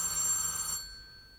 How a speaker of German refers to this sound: Ausgerechnet heute klingelte alle Augenblicke das Telefon, Nebensächlichkeiten, falsche Verbindungen.